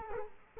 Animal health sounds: mosquito wingbeat signal from an infrared sensor; Culex quinquefasciatus

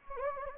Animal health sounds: mosquito wingbeat signal from an infrared sensor; Anopheles gambiae

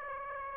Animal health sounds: mosquito wingbeat signal from an infrared sensor; Aedes aegypti

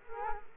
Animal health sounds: mosquito wingbeat signal from an infrared sensor; Culex quinquefasciatus

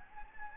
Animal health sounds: mosquito wingbeat signal from an infrared sensor; Anopheles gambiae

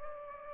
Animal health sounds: mosquito wingbeat signal from an infrared sensor; Aedes albopictus

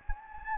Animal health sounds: mosquito wingbeat signal from an infrared sensor; Anopheles gambiae

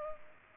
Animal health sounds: mosquito wingbeat signal from an infrared sensor; Culex pipiens

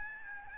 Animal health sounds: mosquito wingbeat signal from an infrared sensor; Aedes albopictus

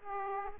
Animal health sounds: mosquito wingbeat signal from an infrared sensor; Aedes aegypti

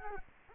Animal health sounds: mosquito wingbeat signal from an infrared sensor; Culex quinquefasciatus

